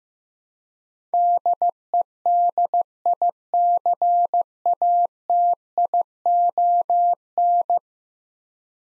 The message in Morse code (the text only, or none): DEDICATION